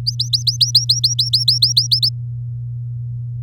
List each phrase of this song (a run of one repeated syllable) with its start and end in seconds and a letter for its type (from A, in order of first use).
0.06-1.87 A, 1.91-2.09 B